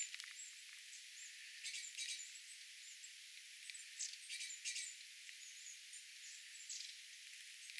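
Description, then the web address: Long-tailed tits calling: several short, high, thin notes and brief bursts in loose clusters. Small flock of little birds including long-tailed tits, a tit flock calling, recorded 27 January 2026. "27 1 2026 pikkulintuparvi pyrstotiais tiaisparven aantelya"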